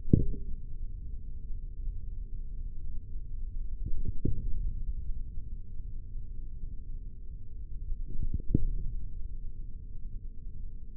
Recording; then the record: forearm muscle sounds (acoustic myography)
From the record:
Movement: index flexion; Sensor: system 3, bracelet of six PUI Audio POM-2738L microphones around the upper forearm, with dedicated amplification and filtering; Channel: 3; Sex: male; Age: 43 years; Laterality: right